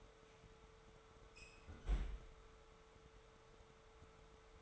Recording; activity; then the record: daily activity, microphone in the room; close fridge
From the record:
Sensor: 3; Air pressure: 1014.9 hPa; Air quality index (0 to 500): 202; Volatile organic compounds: 30 ppm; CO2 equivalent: 2950 ppm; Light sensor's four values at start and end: 37/92/39/42 and 34/85/36/39